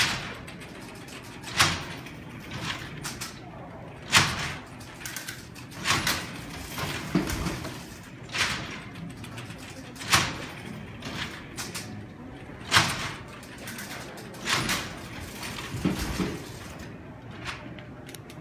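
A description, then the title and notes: A large mechanical calculating engine runs, its gears and rods producing a steady low rumble of churning metal. Sharp clacks and knocks ring out every second or two, some louder than others, over a faint murmur of voices in a big room. Babbage Difference Engine 2, Serial #2. Computer History Museum, Mountain View, CA.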